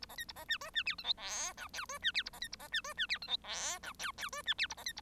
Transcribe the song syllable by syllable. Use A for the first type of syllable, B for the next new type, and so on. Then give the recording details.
A B C A B D E D F G H I J J E D F A B C A B D E D F G H I K J J E D F A B C A. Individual Bird1